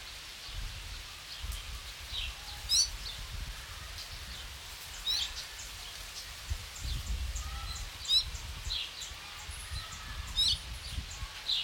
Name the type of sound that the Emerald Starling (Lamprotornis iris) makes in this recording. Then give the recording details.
call. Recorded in captivity. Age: adult. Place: Zoo Berlin, Berlin, DE. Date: 1993-10-16. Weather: heiter, 6-10 °C. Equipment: Marantz CP 430, Sennheiser MKH 416 T, Kopie Uher Variocord 263. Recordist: Tembrock, Günter. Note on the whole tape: Diverse Laute (2 m)